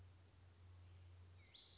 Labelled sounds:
Western Flycatcher (Empidonax difficilis)

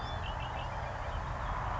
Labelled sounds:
Red-winged Blackbird (Agelaius phoeniceus)

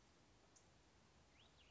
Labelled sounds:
Cassin's Vireo (Vireo cassinii)

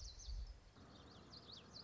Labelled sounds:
Common Yellowthroat (Geothlypis trichas)

